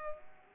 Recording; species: mosquito wingbeat signal from an infrared sensor; Culex pipiens